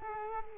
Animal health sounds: mosquito wingbeat signal from an infrared sensor; Culex quinquefasciatus

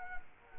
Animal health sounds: mosquito wingbeat signal from an infrared sensor; Culex quinquefasciatus

